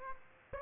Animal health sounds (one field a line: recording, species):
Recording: mosquito wingbeat signal from an infrared sensor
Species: Aedes aegypti